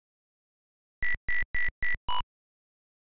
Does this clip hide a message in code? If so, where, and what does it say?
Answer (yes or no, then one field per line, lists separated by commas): no